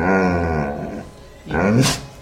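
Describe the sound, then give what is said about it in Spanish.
A voice imitates a dog's growl: a low, rumbling snarl held for about a second, a brief pause, then a second growl that ends in a breathy hiss. “¿Qué te dicen los perros cuando vos vas por la calle?”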